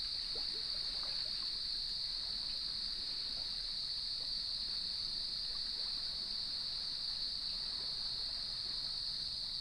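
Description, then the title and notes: Crickets in a steady, unbroken high chorus that holds one pitch throughout, over a soft low rush of waves. Evening chorus at sunset on the beach of Lighthouse West Natural Area, Leelanau Peninsula, near gnarled cedar trees; waves in background. "Sounds of Leelanau Peninsula: Lighthouse West Natural Area. As I approached the beach, the sun was just setting, and the crickets made themselves known. Nature is my Jam"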